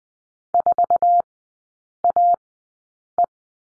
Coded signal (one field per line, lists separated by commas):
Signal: Morse code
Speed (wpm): 19 wpm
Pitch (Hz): 700 Hz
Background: none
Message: 4AE